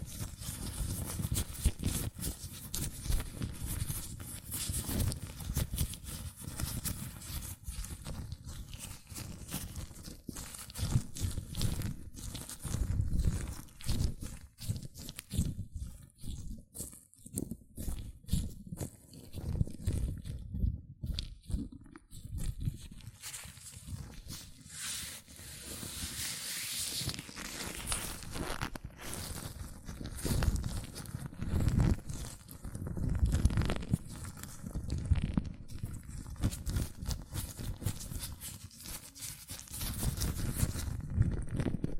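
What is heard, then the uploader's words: Latex gloves rubbed and squeezed between hands, making dense, irregular squeaks and rustles that swell and fade, with a brief quieter stretch around twenty seconds. ASMR Latex Gloves Hand Sounds (No Talking).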